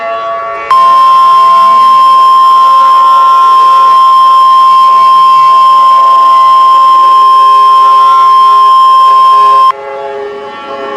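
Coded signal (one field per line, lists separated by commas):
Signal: Emergency Alert System (SAME) tones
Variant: 1050 Hz attention tone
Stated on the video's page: Fictional EAS scenario, simulated tones, not a real alert.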